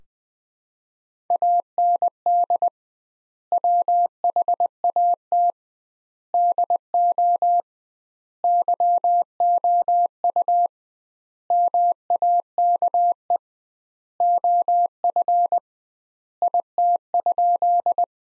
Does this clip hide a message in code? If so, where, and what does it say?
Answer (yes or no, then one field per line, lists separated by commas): yes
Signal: Morse code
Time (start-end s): 1.3-18.0 s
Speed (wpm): 20 wpm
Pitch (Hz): 700 Hz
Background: none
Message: AND WHAT DO YOU MAKE OF IT?